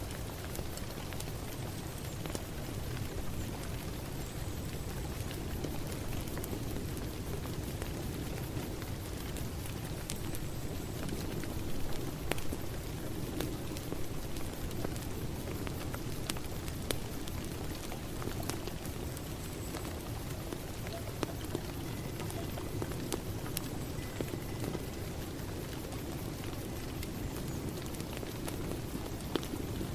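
Rain falls steadily throughout, a dense, even hiss with a fuller low rumble underneath. Scattered sharp ticks of drops striking surfaces pop out irregularly, a little more often after the midpoint, while the overall level stays constant.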